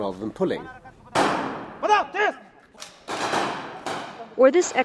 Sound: foreign language spoken; soundbite of gunshots

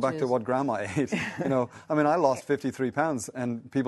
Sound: laughter

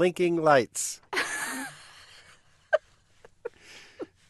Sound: soundbite of laughter

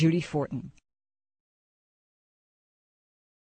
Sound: formal

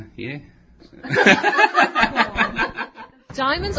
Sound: laughter

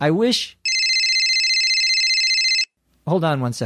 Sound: Carl’s cell phone rings

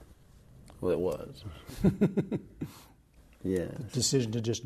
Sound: laughter

